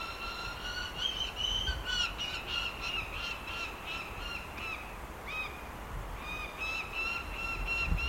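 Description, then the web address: Lanner falcon calling in fast runs of grating, harmonic notes, briefly pausing and then resuming, with low background rumble. "Lanner falcon. صدای-پرنده-لاچين"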